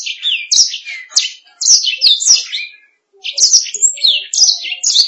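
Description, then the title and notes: Canary song: quick run of high, sweeping whistled notes and chips, a brief pause near three seconds, then another bright, twittering burst. "BM Suara Kenari. BM Suara Burung Kenari"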